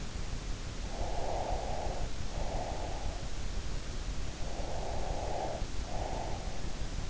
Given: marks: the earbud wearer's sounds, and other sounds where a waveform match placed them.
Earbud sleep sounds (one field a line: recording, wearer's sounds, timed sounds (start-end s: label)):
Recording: sounds in sleep by an in-ear microphone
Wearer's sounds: breath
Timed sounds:
0.90-3.32 s: breath
4.46-6.98 s: breath